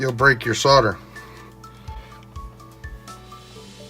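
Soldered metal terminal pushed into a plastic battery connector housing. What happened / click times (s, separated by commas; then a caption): Handled, not yet home: no seating click before the clip ends / none. Someone talks over faint background music while the soldered joint on a negative metal terminal for an RC LiPo battery connector is left to cool, since pushing it in too soon would break the solder. Quiet handling taps follow around 1.6, 2.8 and 3.1 seconds as the terminal is readied for the plastic connector housing. Nothing has seated or clicked yet.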